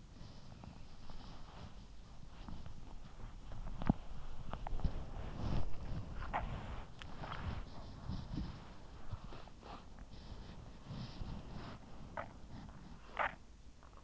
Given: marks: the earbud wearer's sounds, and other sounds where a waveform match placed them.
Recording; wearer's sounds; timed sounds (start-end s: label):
sounds in sleep by an in-ear microphone; body movement, swallowing
0.00-14.04 s: body movement
12.06-13.55 s: swallowing